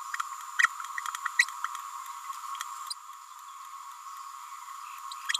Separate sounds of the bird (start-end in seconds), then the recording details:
0.58-0.68, 1.38-1.45. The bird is a female. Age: 29 days. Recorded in a nest box in Venezuela. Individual 17B31A3